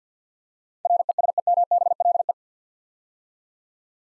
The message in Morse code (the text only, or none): RESEMBLE